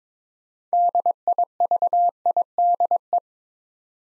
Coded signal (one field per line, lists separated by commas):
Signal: Morse code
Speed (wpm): 22 wpm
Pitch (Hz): 700 Hz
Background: none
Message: DIVIDE